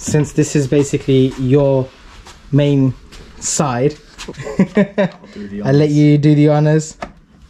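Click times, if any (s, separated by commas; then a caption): none. Someone talks while a plastic side mirror cover is being handled for fitting onto the mirror housing of a BMW M140i. Nothing has seated or clicked yet when the clip ends.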